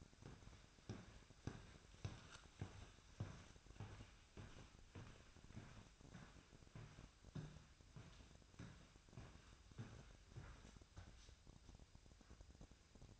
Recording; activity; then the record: daily activity, microphone in the room; walk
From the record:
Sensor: 2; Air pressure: 1001.5 hPa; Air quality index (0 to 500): 228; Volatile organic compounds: 26 ppm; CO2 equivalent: 2858 ppm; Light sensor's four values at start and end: 8/28/11/10 and 8/28/10/10